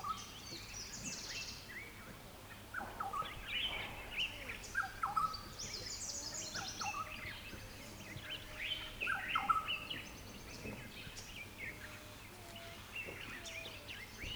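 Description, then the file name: Black-headed oriole calling with liquid, slurred whistled notes near the middle pitch range, given at irregular intervals amid a busy chorus of other birds chirping and trilling. Recorded at Punda Maria in Kruger. "kruger- oriole-tete-noire-punda-maria"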